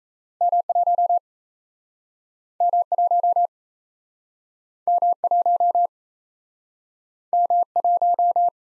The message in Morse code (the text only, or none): M1 M1 M1 M1